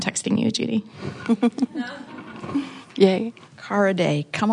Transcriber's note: laughter